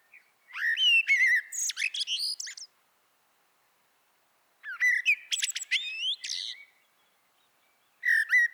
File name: Turdus merula